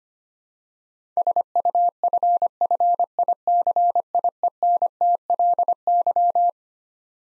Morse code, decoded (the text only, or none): SUFFICIENTLY